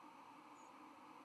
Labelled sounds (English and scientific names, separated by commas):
White-throated Sparrow (Zonotrichia albicollis) flight call